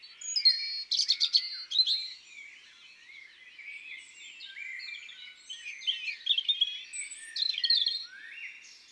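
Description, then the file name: European robin song, high thin warbled phrases mixing sweet whistles and quick trills, bursts separated by brief quieter pauses. Recorded in woods and forests. "Rougegorge familier Chants doiseaux des bois et des forets"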